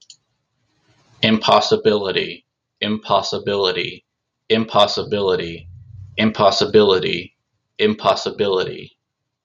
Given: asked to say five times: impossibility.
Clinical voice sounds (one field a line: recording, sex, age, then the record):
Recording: repeated word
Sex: male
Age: 30 to 39 years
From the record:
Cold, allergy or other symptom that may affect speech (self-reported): no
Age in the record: 33 years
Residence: Texas, United States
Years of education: 14